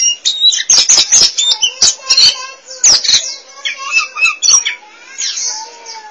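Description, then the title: Oriental magpie-robin pouring out a busy medley of sharp clicks, squeaky chirps and short whistles in quick succession. Song (kicauan). "Suara Kicauan Burung Kacer"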